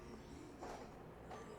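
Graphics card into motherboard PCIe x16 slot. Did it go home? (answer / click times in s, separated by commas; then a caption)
yes / 0.6 s. A graphics card is lined up with a motherboard PCIe x16 slot and pressed firmly down until the retention latch clicks. A single sharp click sounds at 0.6 s over a steady low background hum, and the card is seated.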